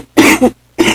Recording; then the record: coughing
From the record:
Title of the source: 61 morning phlegmy cough...again